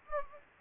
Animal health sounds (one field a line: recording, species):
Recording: mosquito wingbeat signal from an infrared sensor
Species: Anopheles gambiae